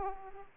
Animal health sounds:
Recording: mosquito wingbeat signal from an infrared sensor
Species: Aedes aegypti

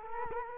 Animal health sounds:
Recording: mosquito wingbeat signal from an infrared sensor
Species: Culex quinquefasciatus

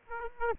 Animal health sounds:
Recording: mosquito wingbeat signal from an infrared sensor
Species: Aedes aegypti

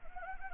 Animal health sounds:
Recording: mosquito wingbeat signal from an infrared sensor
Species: Anopheles gambiae

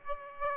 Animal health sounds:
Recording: mosquito wingbeat signal from an infrared sensor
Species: Aedes aegypti

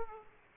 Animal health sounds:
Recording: mosquito wingbeat signal from an infrared sensor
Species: Aedes aegypti

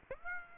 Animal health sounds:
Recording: mosquito wingbeat signal from an infrared sensor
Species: Aedes aegypti

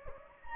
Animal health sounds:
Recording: mosquito wingbeat signal from an infrared sensor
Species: Anopheles gambiae

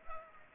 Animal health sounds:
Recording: mosquito wingbeat signal from an infrared sensor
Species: Culex pipiens

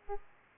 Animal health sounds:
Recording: mosquito wingbeat signal from an infrared sensor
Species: Aedes aegypti

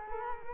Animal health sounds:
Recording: mosquito wingbeat signal from an infrared sensor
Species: Culex quinquefasciatus

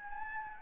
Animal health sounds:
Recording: mosquito wingbeat signal from an infrared sensor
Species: Anopheles gambiae

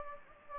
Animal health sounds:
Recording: mosquito wingbeat signal from an infrared sensor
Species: Anopheles gambiae

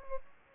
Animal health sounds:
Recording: mosquito wingbeat signal from an infrared sensor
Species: Culex pipiens

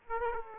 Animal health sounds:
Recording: mosquito wingbeat signal from an infrared sensor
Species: Aedes aegypti

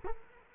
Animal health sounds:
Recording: mosquito wingbeat signal from an infrared sensor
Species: Culex quinquefasciatus

